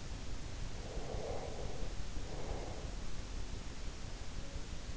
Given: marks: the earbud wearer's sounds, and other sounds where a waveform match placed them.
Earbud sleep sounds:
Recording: sounds in sleep by an in-ear microphone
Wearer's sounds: breath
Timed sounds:
0.76-3.13 s: breath

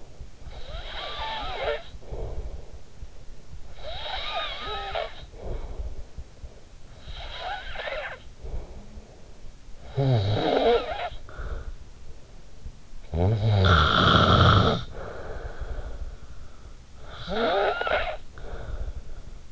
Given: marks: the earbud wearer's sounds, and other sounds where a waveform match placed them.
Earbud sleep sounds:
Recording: sounds in sleep by an in-ear microphone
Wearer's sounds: snoring breath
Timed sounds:
0.49-2.98 s: snoring breath
3.32-6.38 s: snoring breath
6.61-12.29 s: snoring breath
12.72-16.27 s: snoring breath
16.75-19.44 s: snoring breath

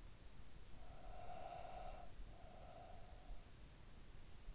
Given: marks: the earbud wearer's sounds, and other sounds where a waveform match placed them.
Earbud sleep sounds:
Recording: sounds in sleep by an in-ear microphone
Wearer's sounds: breath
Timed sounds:
0.66-3.74 s: breath

